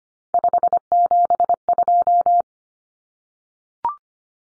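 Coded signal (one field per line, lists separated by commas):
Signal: Morse code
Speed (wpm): 25 wpm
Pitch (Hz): 700 Hz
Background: none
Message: 572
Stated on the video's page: Head-copy drill of common three-digit cut numbers at 25 wpm, with T, A, N standing for 0, 1, 9; each number sent twice.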